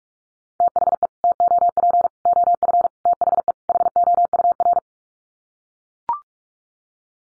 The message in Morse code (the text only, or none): THE TOP OF THE HOUR